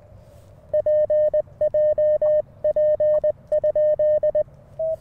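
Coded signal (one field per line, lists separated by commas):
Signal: Morse code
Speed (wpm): 20 wpm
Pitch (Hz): 1800 Hz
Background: none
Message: PJP?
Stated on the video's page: Portable CW on a Mountain Topper MTR5B during a Parks on the Air activation, rough keying on a pressure paddle, sidetone loud.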